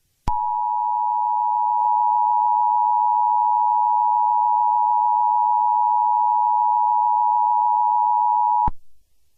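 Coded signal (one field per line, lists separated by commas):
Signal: Emergency Alert System (SAME) tones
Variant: 853 and 960 Hz attention tone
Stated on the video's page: Fictional EAS scenario, a cleaner remake of an earlier version.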